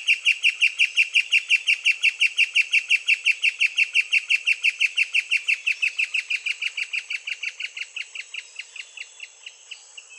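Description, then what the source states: Tawny-winged woodcreeper delivering a rapid, even run of sharp, ringing notes that gradually soften and fade toward the end of the series. South America.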